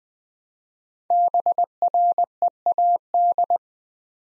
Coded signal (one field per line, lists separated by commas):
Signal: Morse code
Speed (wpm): 20 wpm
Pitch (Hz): 700 Hz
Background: none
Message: BREAD